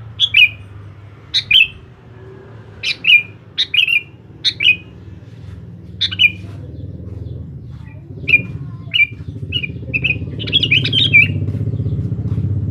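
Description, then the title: Sooty-headed bulbul song: quick liquid two-note phrases repeated about every second and a half, then a jumbled burst as background noise grows louder. "Kutilang"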